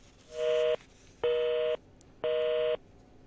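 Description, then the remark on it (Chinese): Telephone tones from a failed call to a guest on a Hong Kong radio phone-in, cut off because of the signal: three identical, steady electronic beeps, each about half a second long and evenly spaced, sounding loud and alone with no voices. “係咁啊，信号嘅关系呢，咁我哋转头再拨个周强嘅电话咁啊。”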